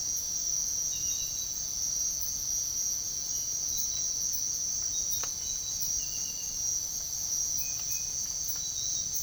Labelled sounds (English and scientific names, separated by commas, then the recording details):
none
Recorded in secondary vegetation near Puerto Asís, Putumayo, Colombia, on 24 March 2025 at 05:00
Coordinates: 0.489, -76.322
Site G042